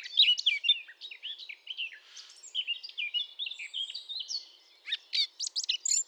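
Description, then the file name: Eurasian blackcap song: fast, varied warbling of chirps and slurred whistles, continuous for most, ending in a few sharp separate notes. "Sylvia atricapilla"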